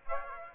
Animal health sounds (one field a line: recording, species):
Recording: mosquito wingbeat signal from an infrared sensor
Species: Aedes aegypti